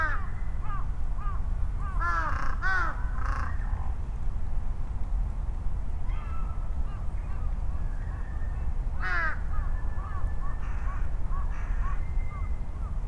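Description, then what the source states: Crows cawing loudly in bursts, several birds calling and answering with rough repeated caws, over a constant low rumble of vehicles. Crows calling and responding to each other over vehicle rumble; Sunday noon, Ichimiyake, Yasu City, Shiga Prefecture, Japan; Sony PCM-M10 with small omnidirectional mics on bicycle handlebar bag.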